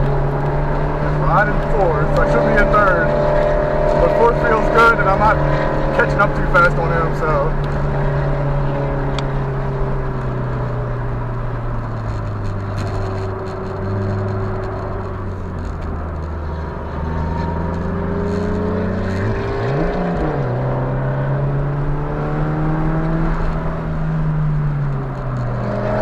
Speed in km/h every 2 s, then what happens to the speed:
103, 101, 100, 98, 93, 79, 71, 55, 61, 64, 77, 87, 64.
0-14 slows to 55. 14-21 speeds up to 87. 21-26 slows to 64.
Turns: 13-17.